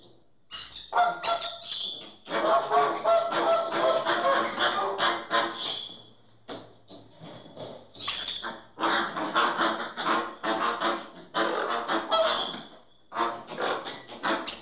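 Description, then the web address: American flamingo honking calls, goose-like and nasal, pouring out in dense overlapping bursts with brief pauses between chattering runs. "bird flamingo american flamingo calls"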